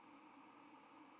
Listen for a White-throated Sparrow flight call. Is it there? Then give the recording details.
no. Another species' flight call is heard. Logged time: 06:53 on 31 October 2014